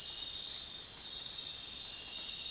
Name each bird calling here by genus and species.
none